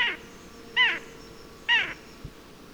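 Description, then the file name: Eurasian jay making short, cat-like mewing notes, three in quick succession, each bending downward in pitch, with a faint click near the end. "Garrulus glandarius"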